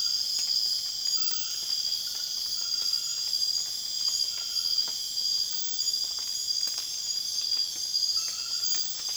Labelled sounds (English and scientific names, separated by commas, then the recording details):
none
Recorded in secondary vegetation near Puerto Asís, Putumayo, Colombia, on 19 June 2025 at 21:30
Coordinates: 0.485, -76.322
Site GP06